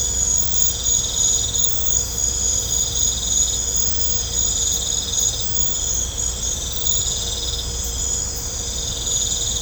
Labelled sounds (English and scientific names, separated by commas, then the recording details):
none
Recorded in pastures near Puerto Asís, Putumayo, Colombia, on 16 December 2024 at 20:30
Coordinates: 0.502, -76.324
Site G077